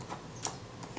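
The latching lever in the shutter action of a Contaflex II SLR camera, a metal mechanism that would not latch, is corrected and operated again. It now latches with a sharp click at 0.5 s, followed by a fainter click at about 1.0 s, over soft mechanical ticking.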